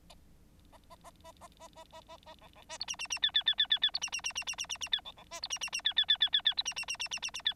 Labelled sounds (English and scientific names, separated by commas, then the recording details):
Bengalese Finch (Lonchura striata domestica) song
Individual Bird9